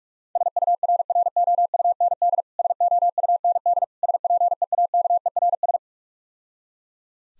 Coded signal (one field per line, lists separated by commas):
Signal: Morse code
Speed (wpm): 46 wpm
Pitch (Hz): 700 Hz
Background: none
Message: SURROUND SOUND SPEAKERS